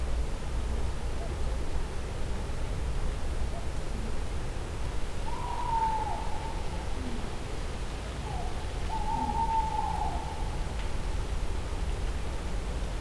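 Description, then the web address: Tawny owl giving two faint, level hoots several seconds apart, the second longer and slightly quavering, against constant low-pitched background hum. Recorded in nature at night in 2015, owl in the distance, with a cardioid microphone. "allathangok termeszetben macskabagoly 2015 ejjel tavolban"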